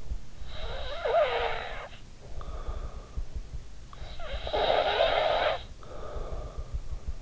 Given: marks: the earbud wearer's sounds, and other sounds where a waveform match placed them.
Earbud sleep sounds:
sounds in sleep by an in-ear microphone; snoring breath
0.00-3.45 s: snoring breath
3.76-6.88 s: snoring breath

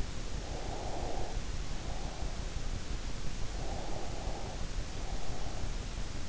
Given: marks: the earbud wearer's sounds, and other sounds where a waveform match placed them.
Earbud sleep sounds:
sounds in sleep by an in-ear microphone; breath
0.30-2.52 s: breath
3.43-5.51 s: breath

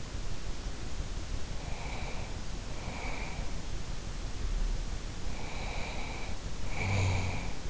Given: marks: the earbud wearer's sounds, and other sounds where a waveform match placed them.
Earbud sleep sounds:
sounds in sleep by an in-ear microphone; breath, snoring breath
1.43-3.55 s: breath
5.19-7.70 s: snoring breath

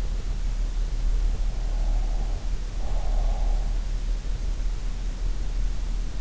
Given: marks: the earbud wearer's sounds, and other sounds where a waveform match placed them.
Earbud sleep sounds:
sounds in sleep by an in-ear microphone; breath
1.70-3.60 s: breath

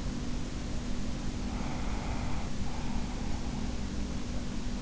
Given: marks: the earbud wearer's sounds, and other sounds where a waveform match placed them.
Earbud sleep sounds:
sounds in sleep by an in-ear microphone; breath
1.36-3.86 s: breath

